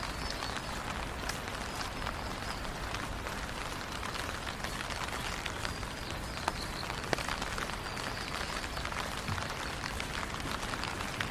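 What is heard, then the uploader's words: Rain falls steadily during a walk around the neighborhood, a dense, even hiss full of tiny drop ticks. The patter stays constant throughout, with a few sharper, louder drops standing out around the six- and seven-second marks. Long Walk In The Rain Around The Neighborhood.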